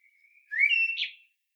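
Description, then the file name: Common blackbird: a faint thin whistle, then a single clear whistled phrase sliding upward and ending in a brief higher, scratchier note. "Turdus merula"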